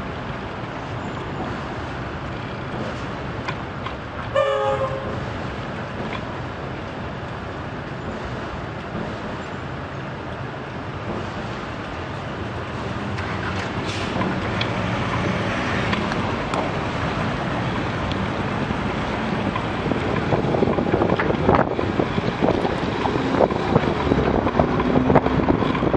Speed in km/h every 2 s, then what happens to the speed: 0, 0, 0, 0, 0, 2, 10, 14, 18, 21, 23, 24, 24.
0-10 standing. 10-17 pulls away to 21. 17-26 steady at about 23.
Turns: 14-20.